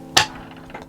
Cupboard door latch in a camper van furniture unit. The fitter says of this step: oui eh ben priori tout va bien il fait clic mais quand je tire dessus et s'ouvre